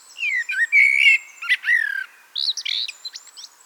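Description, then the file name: Eurasian blackbird song: fluted warbling phrases near the low end, sliding up and down, then thin high squeaky twitters; faint high repeated notes from another bird behind. "Turdus merula"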